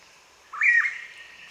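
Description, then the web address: Blue pitta calling once: a clear whistle that swoops upward, holds briefly, then dips, with a soft steady hum behind. "blue pitta. صدای-پرنده-پیتای-کبود"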